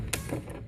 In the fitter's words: it'll click back. So forward clicks on and that clicks off.